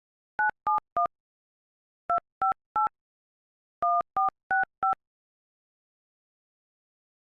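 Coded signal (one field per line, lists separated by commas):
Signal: DTMF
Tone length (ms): 140 ms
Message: 971 258 1465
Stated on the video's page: Simulated EAS scenario, not a real alert.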